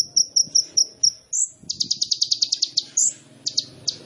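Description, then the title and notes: Sunbird song: spaced high chips, a rising note, then a rapid trill and a few scattered sharp notes. Masteran for training songbirds, suitable as a lure (pancingan): full fill-ins (isian) and tembakan bursts in lively gacor singing. "MASTERAN KOLIBRI NINJA FULL ISIAN DAN TEMBAKAN COCOK BUAT PANCINGAN. Suara Burung Kolibri Ninja Gacor"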